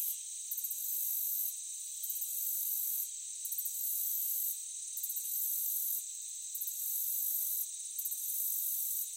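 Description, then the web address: Cricket chorus of high, rapid pulsed trills that come in repeated bursts, with steady shrilling beneath. Meadow ambience. "Blastwave AMBIENCE Meadow Crickets"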